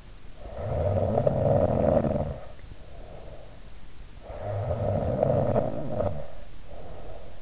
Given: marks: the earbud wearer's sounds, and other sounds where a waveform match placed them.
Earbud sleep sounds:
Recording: sounds in sleep by an in-ear microphone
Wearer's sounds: snoring breath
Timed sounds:
0.40-3.83 s: snoring breath
4.23-7.42 s: snoring breath

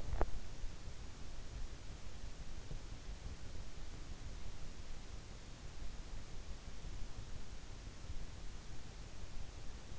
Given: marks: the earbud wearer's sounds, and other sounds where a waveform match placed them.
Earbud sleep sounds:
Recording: sounds in sleep by an in-ear microphone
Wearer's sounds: teeth grinding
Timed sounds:
0.00-0.47 s: teeth grinding

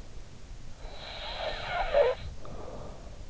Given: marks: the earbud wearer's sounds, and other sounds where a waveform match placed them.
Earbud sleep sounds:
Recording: sounds in sleep by an in-ear microphone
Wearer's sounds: snoring breath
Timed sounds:
0.78-3.24 s: snoring breath

